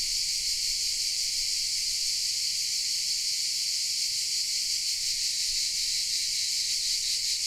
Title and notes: Cicale nel parco della Certosa. Registrazione all'ombra dei pini nel parco della Certosa di Padula. Principalmente biofonie prodotte da cicale e corvi